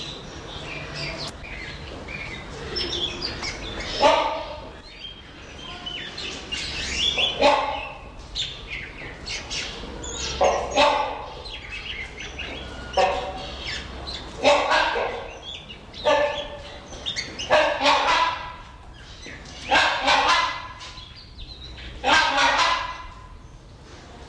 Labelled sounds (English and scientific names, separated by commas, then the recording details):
Rhinoceros Hornbill (Buceros rhinoceros) duetting
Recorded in captivity
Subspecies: borneoensis
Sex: pair
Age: adult
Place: Zoo Berlin, Berlin, DE
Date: 1988-10-07 12:40
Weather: bedeckt, 12°C, Wind
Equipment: Sony WM-D6C, Kopie Uher
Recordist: Tembrock, Günter